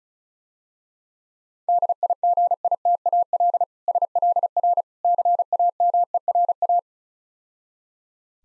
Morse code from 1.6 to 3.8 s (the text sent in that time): DIGITAL